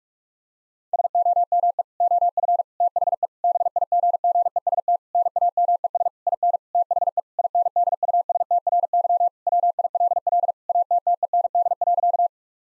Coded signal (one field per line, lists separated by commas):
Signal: Morse code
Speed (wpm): 41 wpm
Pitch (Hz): 700 Hz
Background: none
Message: SOME OF THE BIGGEST NAMES IN THE INDUSTRY WILL ATTEND.